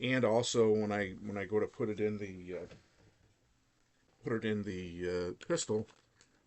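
A fully loaded metal pistol magazine for a Taurus G3C .40 S&W compact pistol is handled toward the grip's magazine well with the slide closed while someone talks about how the springs have loosened. Speech fills most of the clip, followed by a quiet stretch and a faint tick near 6.2 s. Nothing has seated or clicked into place yet.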